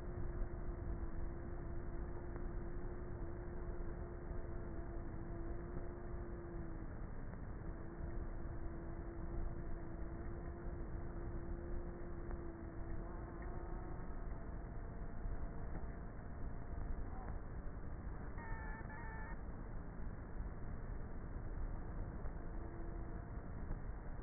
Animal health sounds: honeybee colony, microphone inside the hive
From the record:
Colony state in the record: queenless with a low population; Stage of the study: before two queens were removed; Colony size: about 30,000 bees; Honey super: no

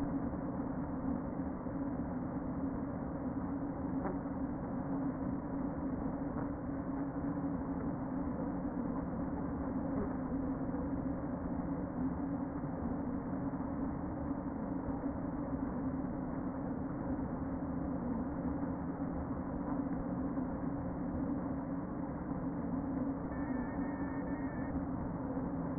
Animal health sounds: honeybee colony, microphone inside the hive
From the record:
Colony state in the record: queen present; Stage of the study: before two queens were removed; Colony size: about 60,000 bees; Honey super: yes

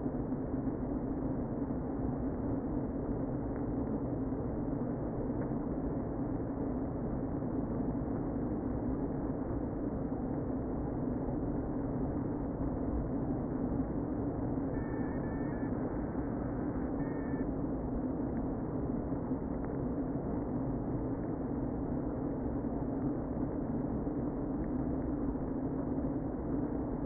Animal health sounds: honeybee colony, microphone inside the hive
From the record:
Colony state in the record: queen present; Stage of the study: before two queens were removed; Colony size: about 60,000 bees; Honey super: yes

